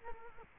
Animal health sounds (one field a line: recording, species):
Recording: mosquito wingbeat signal from an infrared sensor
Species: Culex quinquefasciatus